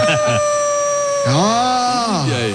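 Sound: dog howling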